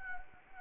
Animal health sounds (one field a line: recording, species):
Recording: mosquito wingbeat signal from an infrared sensor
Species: Anopheles arabiensis